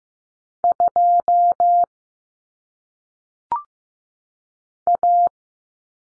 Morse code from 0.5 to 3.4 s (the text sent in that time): 2